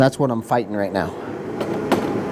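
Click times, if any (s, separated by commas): 1.9 s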